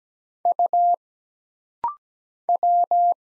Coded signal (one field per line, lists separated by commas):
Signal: Morse code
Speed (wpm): 17 wpm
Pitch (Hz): 700 Hz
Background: none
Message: U W